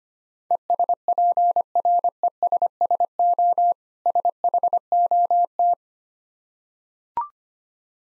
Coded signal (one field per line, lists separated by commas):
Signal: Morse code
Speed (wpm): 25 wpm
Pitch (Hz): 700 Hz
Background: none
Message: ESPRESSO SHOT